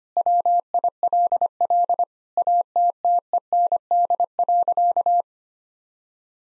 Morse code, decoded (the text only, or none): WILL ATTEND.